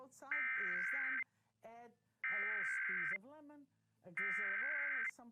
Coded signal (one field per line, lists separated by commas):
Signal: Emergency Alert System (SAME) tones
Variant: header bursts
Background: speech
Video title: 2023 Nationwide EAS Test